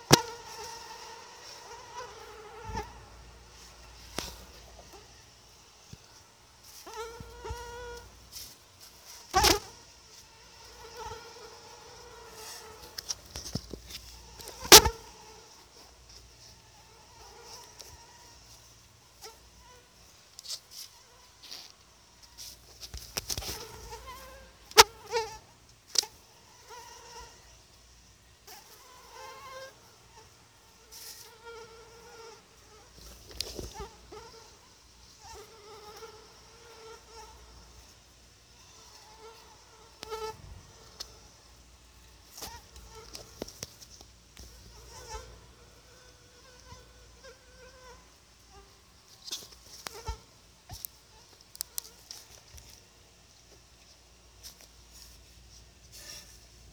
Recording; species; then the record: mosquito flight sound by mobile phone; Anopheles atroparvus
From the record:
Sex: female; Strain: EBRO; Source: CDC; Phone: Sony Xperia